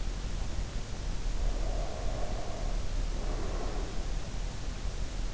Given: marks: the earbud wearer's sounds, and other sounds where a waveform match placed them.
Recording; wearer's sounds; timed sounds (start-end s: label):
sounds in sleep by an in-ear microphone; breath
1.29-4.00 s: breath